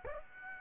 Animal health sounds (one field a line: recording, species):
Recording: mosquito wingbeat signal from an infrared sensor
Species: Aedes aegypti